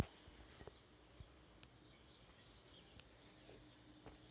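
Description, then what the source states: Cricket chirping, a steady high thin trill sustained without break, with faint scattered clicks and low background noise. Early morning, 3 June 2017 at 05:54, recorded in mono on a Moto G4 phone by Barbara Felix.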